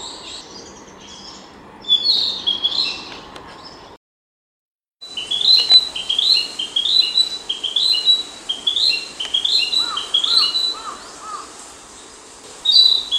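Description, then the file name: Narcissus flycatcher song of rapid, rolling whistled phrases, a short song before an one-second dropout, then a long sequence after it, with lower, soft repeated notes later on. Recorded 9 June 2020. "20200609 kibitaki"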